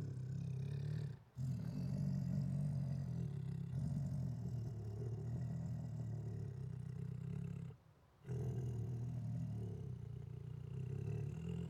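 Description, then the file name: Siberian tiger producing long, throaty rumbling growls, nearly continuous with two brief breaks. Siberian tiger growling aggressively, with roars and snarls. "Siberian Tiger Aggressively Growls With Roars and Snarls [Sound Ideas]"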